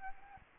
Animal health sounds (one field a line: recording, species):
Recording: mosquito wingbeat signal from an infrared sensor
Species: Aedes albopictus